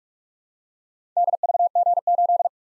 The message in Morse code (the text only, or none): DVG8